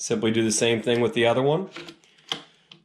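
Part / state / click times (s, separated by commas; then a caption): rechargeable battery into a laser scanner's battery compartment / seated / 2.3 s. Someone talks, then a second rechargeable battery is pushed into a laser scanner's battery compartment, contacts facing inward. A sharp, loud click at 2.3 s, followed by a faint tick at 2.7 s, marks the battery locking into place.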